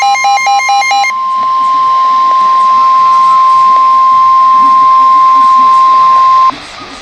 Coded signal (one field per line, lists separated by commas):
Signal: Emergency Alert System (SAME) tones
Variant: 1050 Hz attention tone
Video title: Severe Thunderstorm WARNING 8-5-12 (EAS#45)